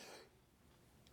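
One short, harsh cough burst from an adult man, then quiet room sound; a cough from allergies.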